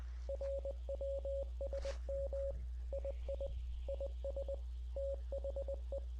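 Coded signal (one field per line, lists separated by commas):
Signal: Morse code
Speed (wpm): 20 wpm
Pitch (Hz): 550 Hz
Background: radio noise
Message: RWSM II IS THE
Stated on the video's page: Morse heard in a War Thunder game dev-server stream.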